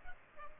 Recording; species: mosquito wingbeat signal from an infrared sensor; Culex pipiens